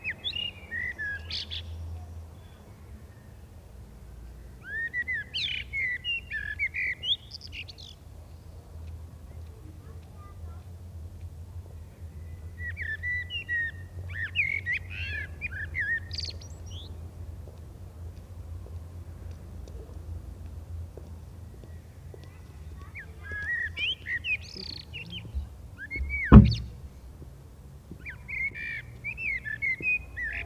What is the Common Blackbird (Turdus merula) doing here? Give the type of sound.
song